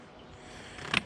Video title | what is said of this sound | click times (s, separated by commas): Ultimate Waterfowl Kayak update! (Ascend H12) | and you'll hear it click, and then it locks into each position after that, | 1.0 s